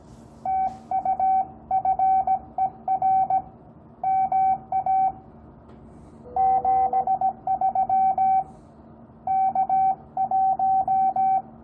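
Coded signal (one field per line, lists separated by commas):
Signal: Morse code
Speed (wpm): 17 wpm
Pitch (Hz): 780 Hz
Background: radio noise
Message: TUFER MA 73 K1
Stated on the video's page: Morse code from a homebrew 5-watt QRP superhet transceiver for 30 meters, modified from an SW-40 kit board.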